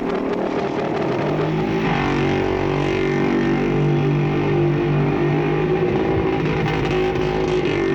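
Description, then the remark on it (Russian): A motorcycle engine runs steadily and loudly throughout, a low droning rumble with layered harmonic tones and slight rises in pitch as it revs while driving, with no voices. “Ой, толькі ж не ганіце так хутка. Не буду. А ты хочаш навучыцца вадзіць матацыкл?”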